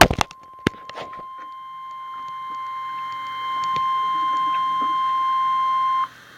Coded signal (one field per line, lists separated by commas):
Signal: Emergency Alert System (SAME) tones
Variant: 1050 Hz attention tone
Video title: REAL EAS 262- Tornado watch